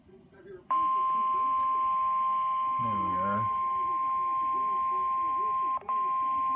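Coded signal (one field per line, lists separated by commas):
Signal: Emergency Alert System (SAME) tones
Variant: 1050 Hz attention tone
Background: speech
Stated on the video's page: Received from a NOAA Weather Radio transmitter, the recorder's home station.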